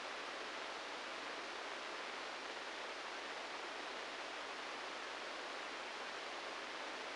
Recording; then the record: brain microelectrode recording played as sound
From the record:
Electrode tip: inside the subthalamic nucleus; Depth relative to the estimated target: 2 mm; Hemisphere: right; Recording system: NeuroSet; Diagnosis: Parkinson's disease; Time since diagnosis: 9 years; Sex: male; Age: 56 years